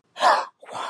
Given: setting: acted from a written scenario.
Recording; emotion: vocal sound without words; distress